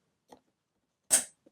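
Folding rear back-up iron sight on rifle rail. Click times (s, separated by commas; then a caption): 0.3 s, 1.1 s. A folding metal rear back-up iron sight on an AR-15 rail is flipped up and then back down, giving a faint click at 0.3 s and a loud, sharp click at 1.1 s. The sight clicks and locks into place in each position.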